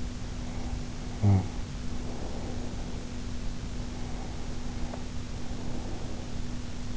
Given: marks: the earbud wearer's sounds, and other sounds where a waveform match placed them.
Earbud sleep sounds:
sounds in sleep by an in-ear microphone; snoring breath, breath
0.37-3.31 s: snoring breath
3.66-6.49 s: breath

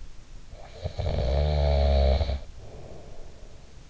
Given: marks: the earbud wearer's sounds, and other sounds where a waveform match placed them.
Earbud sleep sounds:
sounds in sleep by an in-ear microphone; snoring breath
0.48-3.82 s: snoring breath

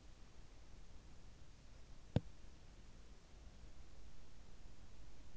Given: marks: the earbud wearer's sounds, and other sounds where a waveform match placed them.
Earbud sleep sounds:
sounds in sleep by an in-ear microphone; body movement
2.00-2.37 s: body movement

